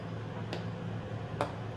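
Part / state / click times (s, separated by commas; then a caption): wing tip wiring connector plug into its mating receptacle / seated / 1.4 s. On the wing tip wiring of an RV-14A, the two halves of a plastic multi-pin connector are pushed together into the mating receptacle over a steady low hum. A softer tick comes at 0.5 s, then a sharp, louder click at 1.4 s as the latch snaps shut and the connector seats.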